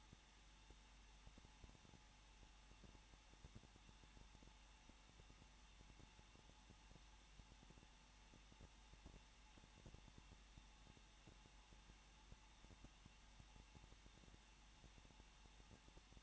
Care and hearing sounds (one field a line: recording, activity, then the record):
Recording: daily activity, microphone in the room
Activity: no activity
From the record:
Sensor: 1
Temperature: 20.1 degrees Celsius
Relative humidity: 39.4%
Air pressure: 1006.4 hPa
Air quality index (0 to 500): 219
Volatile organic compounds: 81 ppm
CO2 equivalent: 3612 ppm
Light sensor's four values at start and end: 1/2/1/1 and 1/2/1/1